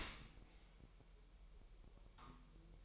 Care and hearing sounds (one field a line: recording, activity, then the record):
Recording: daily activity, microphone in the room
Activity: open dishwasher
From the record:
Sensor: 1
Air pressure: 1000.7 hPa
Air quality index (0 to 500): 247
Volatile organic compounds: 143 ppm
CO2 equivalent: 3992 ppm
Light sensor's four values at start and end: 11/28/11/12 and 11/28/11/12